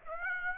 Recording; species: mosquito wingbeat signal from an infrared sensor; Aedes aegypti